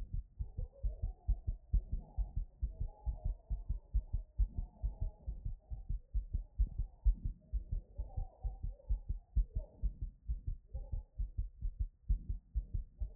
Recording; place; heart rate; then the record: heart sounds by stethoscope; Erb's point; 130 bpm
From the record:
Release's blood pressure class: hypertension stage 1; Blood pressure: 139/84 mmHg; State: after exercise